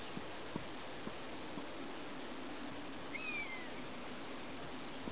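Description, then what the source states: European honey buzzard giving a single thin, whistled call that slides downward, heard once midway through against steady background hiss and low rumble. Recorded 7 June 2003 in Northumberland, England.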